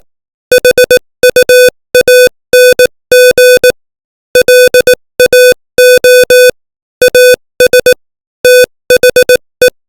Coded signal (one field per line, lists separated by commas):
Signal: Morse code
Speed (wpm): 18 wpm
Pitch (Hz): 500 Hz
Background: music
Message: HUANG LAO AS THE